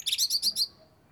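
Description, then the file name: Common blackbird giving a short burst of several high, squeaky twittering notes in quick succession, then quiet. "Turdus merula"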